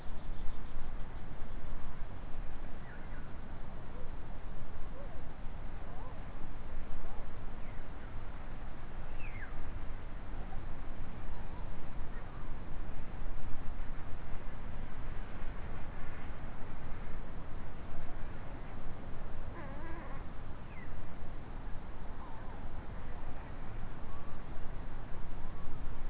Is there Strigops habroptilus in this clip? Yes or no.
no